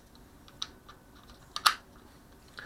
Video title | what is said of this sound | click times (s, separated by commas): Rc Logger Extreme helpful tips | therefore now my Mobius can snap right into place and I | 1.7 s